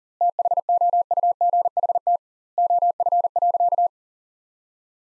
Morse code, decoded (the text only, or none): THOUGHT OF.